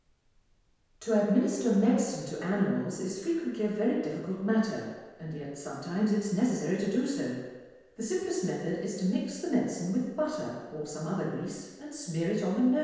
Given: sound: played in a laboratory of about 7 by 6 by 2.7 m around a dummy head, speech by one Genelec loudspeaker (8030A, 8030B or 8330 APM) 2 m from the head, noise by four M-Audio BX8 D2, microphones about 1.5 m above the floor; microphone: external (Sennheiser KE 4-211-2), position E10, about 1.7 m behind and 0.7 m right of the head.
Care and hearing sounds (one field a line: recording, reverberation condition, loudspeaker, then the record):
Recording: female speech in English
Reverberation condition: high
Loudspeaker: 90 degrees to the right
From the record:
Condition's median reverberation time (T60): about 1300 ms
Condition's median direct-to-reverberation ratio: about -4.0 dB